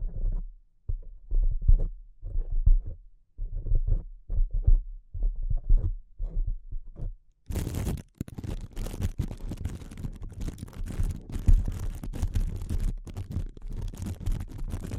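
Soft, uneven tapping in short low clusters with quiet gaps, turning around eight seconds into denser, brighter, continuous scratchy tapping.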